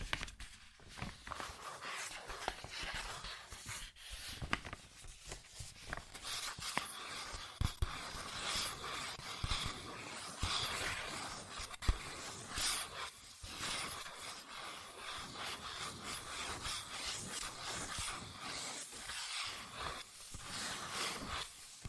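Fingers tap, scratch and trace over cardboard and paper in a quick, busy run. Dry scraping fills most of the time, broken by frequent sharp taps, with a few louder clicks near 4, 8 and 12 seconds and short quiet gaps between flurries.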